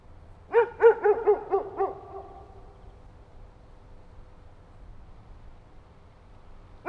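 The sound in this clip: Dog letting out a fast run of about six sharp barks, then several seconds of quiet before another bark begins at the very end.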